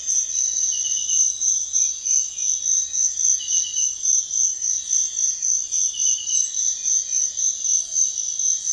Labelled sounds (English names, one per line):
none